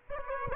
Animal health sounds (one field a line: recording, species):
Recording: mosquito wingbeat signal from an infrared sensor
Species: Aedes aegypti